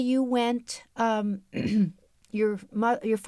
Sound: clears throat

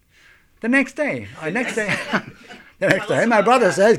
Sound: everyone laughs

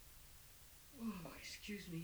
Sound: yawns

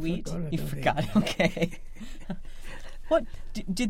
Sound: laughs

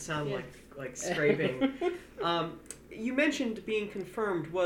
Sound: laughs

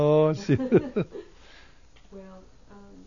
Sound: they laugh

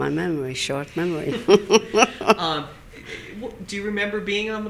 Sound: she laughs

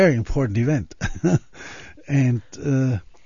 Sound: he laughs

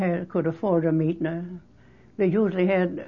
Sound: none

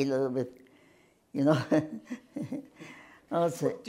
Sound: chuckles

